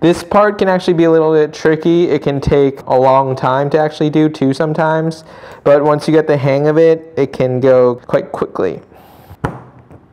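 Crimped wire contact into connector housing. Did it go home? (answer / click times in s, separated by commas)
no / none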